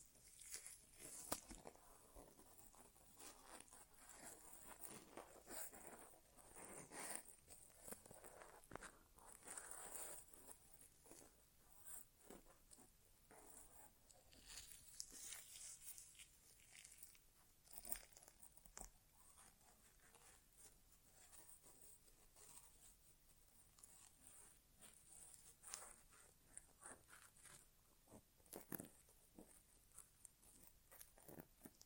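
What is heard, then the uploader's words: An ASMR inner ear exam with no talking: soft scratchy rustles and brushing sweeps, with crisp, bright crackles running throughout. Sharp clicky taps stand out now and then, near 1, 7, 15, 18 and 29 seconds, over a quiet, hissy background. ASMR Inner Ear Exam (No Talking).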